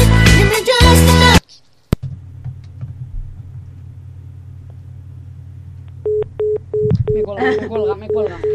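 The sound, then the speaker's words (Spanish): A voice speaks briefly, then a click and a low steady hum follow before a telephone line starts sounding short, evenly repeated mid-pitched beeps after the call is hung up, with some talk over the tones near the end. “Me cuelga.”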